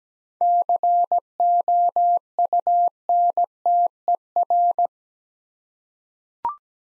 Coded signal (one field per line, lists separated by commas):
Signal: Morse code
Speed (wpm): 17 wpm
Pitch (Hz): 700 Hz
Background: none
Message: COUNTER